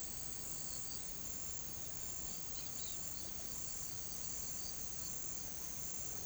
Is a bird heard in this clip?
yes